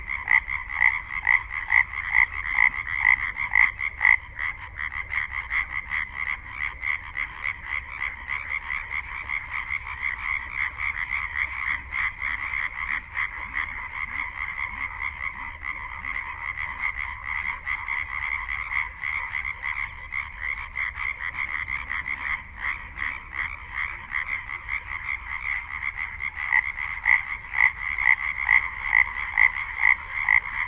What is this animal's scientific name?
Hyla arborea